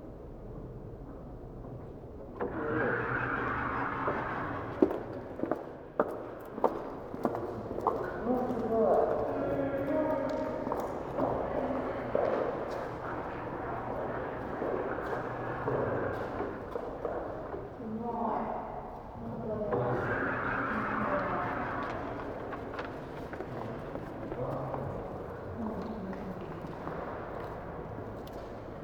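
A day wandering in Kanazawa: steady street noise with passing traffic, bursts of voices and chatter, and scattered clicks and footsteps throughout.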